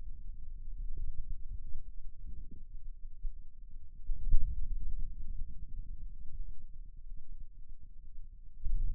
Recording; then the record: forearm muscle sounds (acoustic myography)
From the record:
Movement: finger pinch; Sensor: system 2, bracelet of six BSWA MPA416 microphones around the upper forearm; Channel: 2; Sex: male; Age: 22 years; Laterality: right